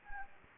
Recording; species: mosquito wingbeat signal from an infrared sensor; Anopheles gambiae